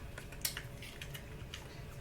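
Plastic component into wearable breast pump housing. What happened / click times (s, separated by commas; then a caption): The plastic part snapped into place / 0.5 s. A plastic part is fitted into the housing of a Momcozy M9 Mobile Flow wearable breast pump during reassembly, after an earlier fumble, by putting the parts in the right order. Several small plastic clicks and taps are heard, and the part snaps firmly into place at 0.5 seconds.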